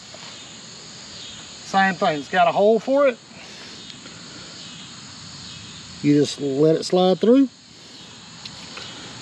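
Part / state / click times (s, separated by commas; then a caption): tension wire into antenna spreader arm hole / seated / 8.5 s. The tension wire from one spreader arm of a Buddipole Buddihex ham radio antenna is brought over to the next arm and slid through its hole, over a steady high-pitched background buzz while someone talks. A short click at 8.5 s marks the wire locking into place in the arm.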